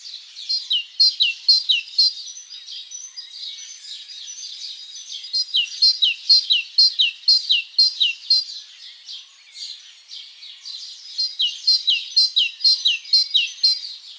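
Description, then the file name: Great tit singing three bouts of crisp, repeated two-note phrases, roughly two per second, separated by short pauses. "Parus major"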